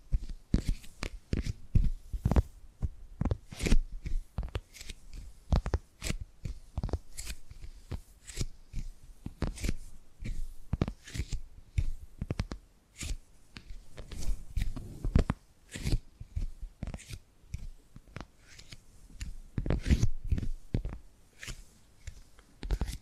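Tapping and gripping sounds come in quick, irregular bursts of sharp clicks and taps, often two or three close together, with brief scratchy rubbing between them. The activity stays busy for the full 23 seconds, with a few short pauses around 13 and 15 seconds.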